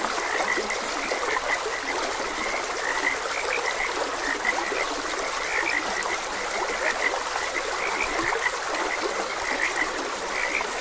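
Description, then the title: Frogs chorus without pause, many rapid croaking pulses and repeated chirps blending together, while a stream runs softly underneath. Frogs croaking beside a gentle stream; ambient nature sounds. "Gentle Stream and Frogs Croaking - Calming Sounds of Nature"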